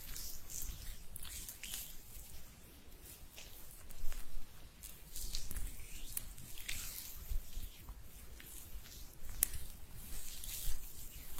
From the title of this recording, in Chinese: 搓手手